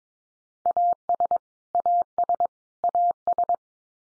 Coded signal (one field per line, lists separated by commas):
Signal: Morse code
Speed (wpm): 22 wpm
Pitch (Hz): 700 Hz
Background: none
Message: AS AS AS